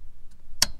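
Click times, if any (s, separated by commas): 0.6 s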